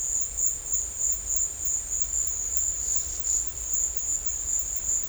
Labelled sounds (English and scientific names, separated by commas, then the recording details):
none
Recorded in dense forest near Puerto Asís, Putumayo, Colombia, on 16 December 2024 at 16:30
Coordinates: 0.500, -76.322
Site G053